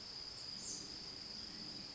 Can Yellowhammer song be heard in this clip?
no